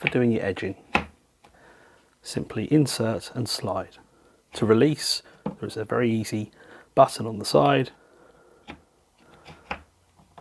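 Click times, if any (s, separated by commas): 9.7 s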